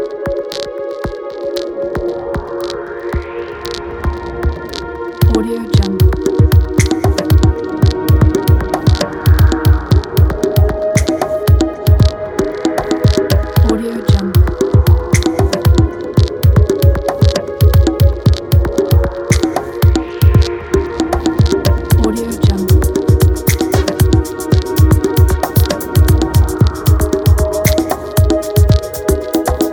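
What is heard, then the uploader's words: Soft piano chords hold steady beneath a dense, rapid patter of percussion that grows louder after about five seconds. A blizzard whooshes in the background, its gusts rising and falling every few seconds throughout. Winter mood, the soft sounds of the piano, a blizzard in the background and percussion.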